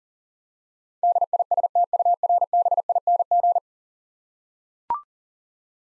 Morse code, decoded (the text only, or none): DISTURBING